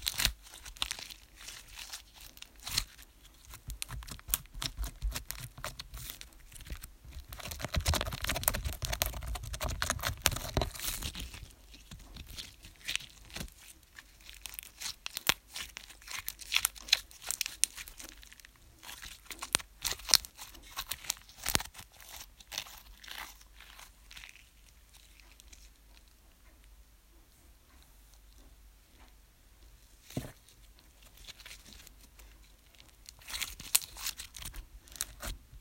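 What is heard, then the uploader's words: Crinkly slime sounds are made of dense clusters of sharp clicks, pops and crackles. The busiest, loudest stretch runs from about 7 to 11 seconds. After that the squishing thins into sparser, scattered snaps with brief quiet gaps. Wir haben uns Slime selber zusammen gemischt, mit schon gemischtem Slime gespielt und ihn zerrissen. Slime ASMR.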